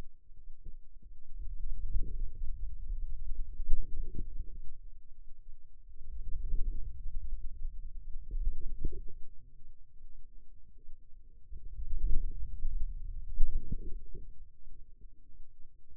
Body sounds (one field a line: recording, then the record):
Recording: forearm muscle sounds (acoustic myography)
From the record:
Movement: hand closing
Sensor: system 2, bracelet of six BSWA MPA416 microphones around the upper forearm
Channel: 2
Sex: male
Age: 22 years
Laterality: right